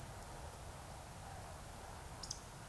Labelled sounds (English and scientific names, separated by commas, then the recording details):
Eurasian Woodcock (Scolopax rusticola) whistle, Eurasian Woodcock (Scolopax rusticola) croak
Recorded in Baden-Württemberg, Germany, on 26 June 2021 at 20:27 UTC
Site 45499, 200 m above sea level